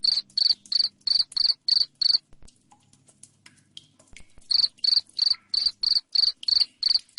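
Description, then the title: Cricket chirping shrilly in steady pulses, a run of seven, a quiet pause of two seconds, then another even run. Loud cricket chirping played to make lovebirds sing continuously. "Suara JANGKRIK NGERIK Keras Bikin LOVEBIRD Jadi NGEKEK Terus Vubey"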